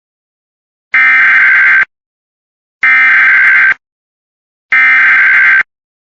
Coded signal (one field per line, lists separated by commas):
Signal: Emergency Alert System (SAME) tones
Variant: header bursts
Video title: EAS FIRE IN LARAMIE WY